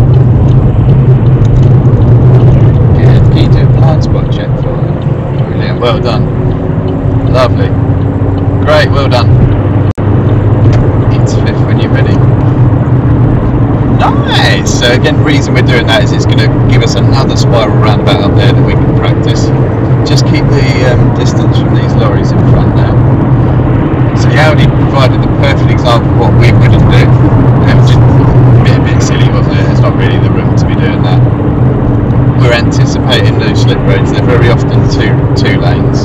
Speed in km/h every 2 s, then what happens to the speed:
66, 71, 76, 77, 84, 84, 84, 84, 87, 92, 92, 89, 87, 84, 82, 81, 79, 81.
0-8 speeds up to 84. 8-15 steady at about 84. 15-18 speeds up to 92. 18-36 slows to 81.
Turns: none.